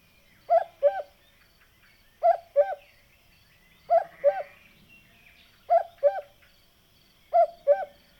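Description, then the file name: Cuckoo with a clear two-note cu-ckoo, falling in pitch, given five times at intervals under two seconds against a quiet background. "minutes of cuckoos"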